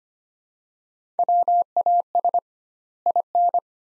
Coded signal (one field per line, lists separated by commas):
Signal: Morse code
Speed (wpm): 25 wpm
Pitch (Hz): 700 Hz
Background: none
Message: WAS IN